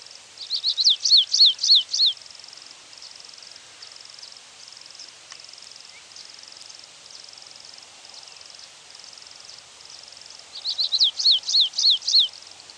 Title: LuckyPassaro Completos2Sama. Stripe-tailed Yellow Finch (Sicalis citrina citrina (ssp assumed from location))